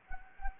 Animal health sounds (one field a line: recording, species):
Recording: mosquito wingbeat signal from an infrared sensor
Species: Anopheles gambiae